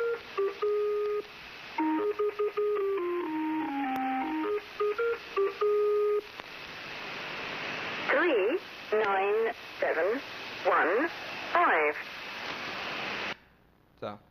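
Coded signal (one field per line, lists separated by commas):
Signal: numbers station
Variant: Lincolnshire Poacher (E03)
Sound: electronic folk-tune interval melody, then about six evenly spaced spoken words, likely numbers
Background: radio static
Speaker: this is the Lincolnshire poacher it's a pretty famous famous number station and it's still broadcasting I don't know from where but if I'm not mistaken it's a yeah it's MI6 [Music] operated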